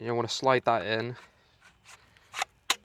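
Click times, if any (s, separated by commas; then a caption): 2.7 s. Someone talks while a flight battery is slid into the rear battery bay of a DJI Avata 2 FPV drone. After a quiet stretch with faint handling sounds, a sharp click at 2.7 s marks the battery locking into place, fully seated.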